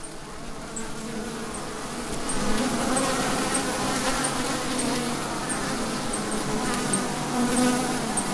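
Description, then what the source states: Bees in a hive buzzing grow louder after two seconds and hold as a thick, even drone, with wind noise and light high-pitched ticks throughout. Bees inside a hive in a tree, recorded with wind.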